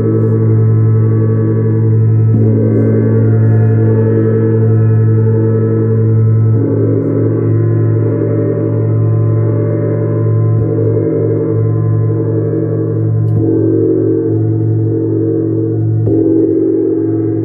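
Gongs and a Tibetan singing bowl sustain a dense, low humming drone, with soft new strikes shifting the tone around 2, 6.5, 10.5, 13 and 16 seconds.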